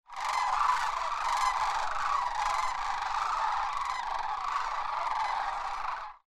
Sound recording of sandhill crane, Denali National Park and Preserve, Alaska.